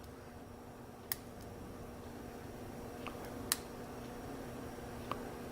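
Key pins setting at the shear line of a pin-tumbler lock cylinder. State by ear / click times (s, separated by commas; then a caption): seated / 1.1 s, 3.5 s. A four-pin standard pin-tumbler lock is single-pin picked with a tension wrench and pick, each pin lifted until it sets at the shear line. Small sharp clicks of the pins setting come at 1.1 s and 3.5 s, with fainter ticks near 3.1 s and 5.1 s over a quiet background hum. The pins set with those clicks.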